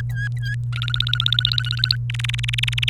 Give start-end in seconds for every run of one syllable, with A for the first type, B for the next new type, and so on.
0.09-0.55 A, 0.72-1.96 B, 2.10-2.89 C